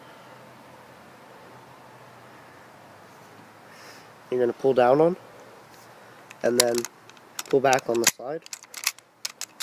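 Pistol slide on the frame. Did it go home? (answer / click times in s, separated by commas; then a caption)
released / 9.2 s. With the takedown levers held down on both sides, the slide of a Glock 17 style pistol is pulled back on its frame to release it for disassembly while someone talks. Low hiss and speech run until a cluster of sharp mechanical clicks near the end, with the slide clicking free at 9.3 s.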